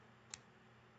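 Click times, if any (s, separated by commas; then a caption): 0.3 s. An 810 goon-style drip tip is pressed into the metal top cap of a rebuildable dripping atomizer, with no O-ring, just a snug fit. A single short, sharp snap is heard at 0.3 seconds against a quiet background. The drip tip seats firmly in the cap.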